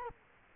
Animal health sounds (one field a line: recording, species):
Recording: mosquito wingbeat signal from an infrared sensor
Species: Culex quinquefasciatus